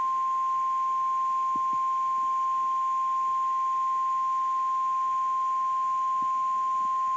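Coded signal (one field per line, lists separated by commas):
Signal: Emergency Alert System (SAME) tones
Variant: 1050 Hz attention tone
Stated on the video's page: Weekly test on NOAA Weather Radio station WXL52.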